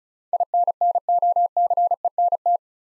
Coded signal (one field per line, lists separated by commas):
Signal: Morse code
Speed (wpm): 36 wpm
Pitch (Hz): 700 Hz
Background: none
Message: INNOCENT